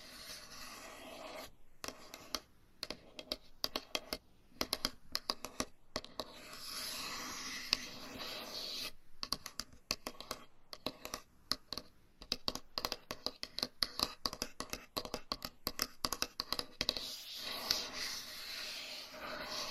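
Gentle tapping and scratching on a surface, with quick bursts of fingernail scratches broken by short silent gaps. Crisp, bright ticks and rasping strokes come in dense runs, especially around 4–6 and 12–16 seconds, over a faint steady hiss.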